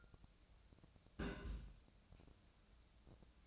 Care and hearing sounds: daily activity, microphone in the room; place on stove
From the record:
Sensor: 2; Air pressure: 999.8 hPa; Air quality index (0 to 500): 125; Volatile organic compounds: 2 ppm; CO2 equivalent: 1073 ppm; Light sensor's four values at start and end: 35/85/37/42 and 35/86/38/42

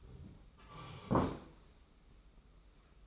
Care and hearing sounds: daily activity, microphone in the room; sit down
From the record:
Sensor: 1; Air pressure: 991.7 hPa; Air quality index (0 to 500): 160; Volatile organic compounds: 1000 ppm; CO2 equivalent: 5988 ppm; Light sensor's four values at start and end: 30/100/39/40 and 31/103/40/41

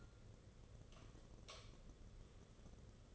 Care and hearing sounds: daily activity, microphone in the room; light off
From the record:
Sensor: 4

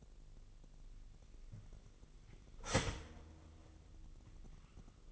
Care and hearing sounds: daily activity, microphone in the room; start toaster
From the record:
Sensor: 4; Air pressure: 1002.8 hPa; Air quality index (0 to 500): 236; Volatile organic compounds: 16 ppm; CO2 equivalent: 2555 ppm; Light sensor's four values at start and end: 21/74/27/27 and 20/66/25/24

